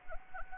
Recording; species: mosquito wingbeat signal from an infrared sensor; Anopheles arabiensis